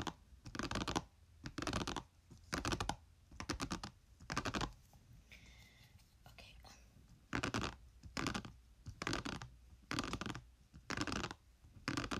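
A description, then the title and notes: Gentle hairbrush tapping comes in short bristly bursts, roughly one each second, with a brief quieter pause and a faint whistle-like tone midway. Gentle hairbrush tapping.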